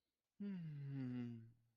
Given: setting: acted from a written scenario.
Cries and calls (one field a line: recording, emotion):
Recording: vocal sound without words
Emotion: serenity